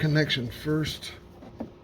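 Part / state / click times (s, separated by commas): wiring connector onto windshield washer pump / not seated / none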